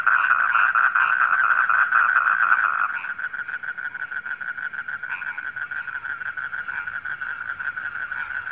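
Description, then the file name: Frog croaks in a busy chorus, loud rhythmic pulses that drop in volume after three seconds, with a high steady hum in the background. Frogs calling at night. "suara kodok di malam hari"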